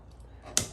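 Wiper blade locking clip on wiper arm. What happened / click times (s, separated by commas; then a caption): The wiper blade clip snapped shut / 0.6 s. A wiper blade locking clip on the wiper arm of a 2014–2020 Mini Cooper is pressed closed. After a quiet stretch with faint low rustling, there is a sharp, bright snap at 0.6 s. The clip is locked onto the arm and the blade is ready to use.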